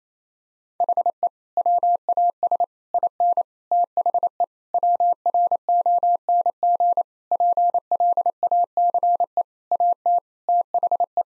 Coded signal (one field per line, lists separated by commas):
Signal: Morse code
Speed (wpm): 28 wpm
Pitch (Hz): 700 Hz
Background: none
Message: HE WAS IN THE WRONG PLACE AT THE